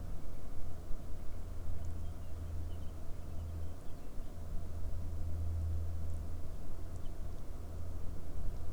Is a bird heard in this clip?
yes